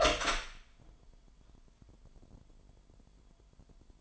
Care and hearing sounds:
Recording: daily activity, microphone in the room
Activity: open door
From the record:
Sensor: 5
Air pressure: 998.5 hPa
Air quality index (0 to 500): 82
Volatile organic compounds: 1 ppm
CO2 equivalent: 930 ppm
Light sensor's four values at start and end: 32/77/32/35 and 32/77/32/35

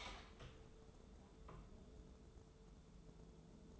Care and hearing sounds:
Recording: daily activity, microphone in the room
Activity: open door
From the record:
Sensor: 3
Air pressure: 1015.1 hPa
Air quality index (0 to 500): 124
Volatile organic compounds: 5 ppm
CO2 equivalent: 1745 ppm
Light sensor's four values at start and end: 16/40/16/17 and 16/40/16/17

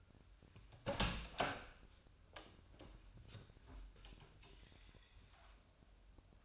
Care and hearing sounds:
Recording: daily activity, microphone in the room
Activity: open door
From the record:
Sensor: 2

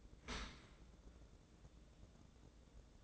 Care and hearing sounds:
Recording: daily activity, microphone in the room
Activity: open dishwasher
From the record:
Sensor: 3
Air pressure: 1012.3 hPa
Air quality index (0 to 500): 158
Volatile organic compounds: 2 ppm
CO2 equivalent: 1216 ppm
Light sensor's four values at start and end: 464/1137/468/461 and 465/1141/470/463

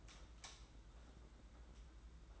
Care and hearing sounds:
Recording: daily activity, microphone in the room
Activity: light on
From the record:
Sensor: 3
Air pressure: 991.9 hPa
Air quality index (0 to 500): 225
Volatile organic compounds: 1000 ppm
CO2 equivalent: 7722 ppm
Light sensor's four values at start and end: 24/66/27/23 and 16/38/15/14

